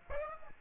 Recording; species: mosquito wingbeat signal from an infrared sensor; Aedes aegypti